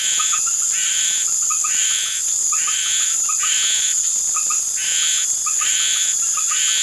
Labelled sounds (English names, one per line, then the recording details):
none
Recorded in secondary vegetation near Puerto Asís, Putumayo, Colombia, on 12 March 2025 at 19:30
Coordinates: 0.489, -76.322
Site G042